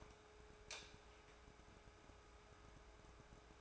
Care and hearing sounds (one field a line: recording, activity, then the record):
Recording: daily activity, microphone in the room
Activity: light off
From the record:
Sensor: 2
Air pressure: 1010.1 hPa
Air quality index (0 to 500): 158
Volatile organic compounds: 7 ppm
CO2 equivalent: 1981 ppm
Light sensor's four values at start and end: 44/112/49/54 and 40/95/43/48